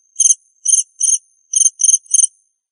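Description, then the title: Cricket chirps: two quick sets of three high, rasping pulses separated by a short pause. "suara Hujan Guntur Suara Jangkrik Dan Burung"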